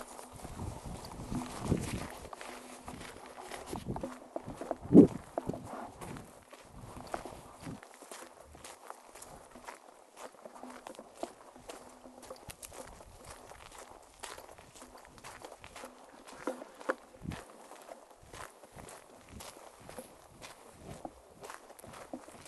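Footsteps crunch and shuffle outdoors during a first walk to a moose-hunting tower, with dense, irregular steps throughout. Louder thumps come in the first seven seconds, with a sharp knock near five seconds, then the steps grow softer and more scattered against a quiet, low background.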